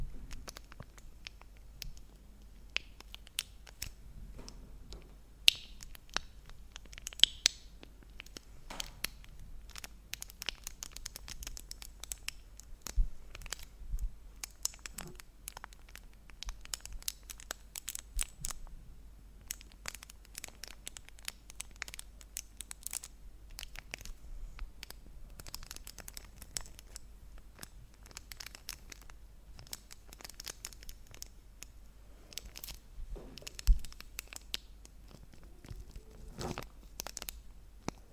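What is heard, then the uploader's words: Chocolate wrappers crinkle and rustle almost without pause, a dense run of sharp, bright crackles and snaps across the whole stretch. A few louder pops stand out, one near the end, and a low steady hum sits underneath throughout. Crinkle sounds on Kinder Chocolate. Make some sounds with the wrap of the chocolates and then they eat them.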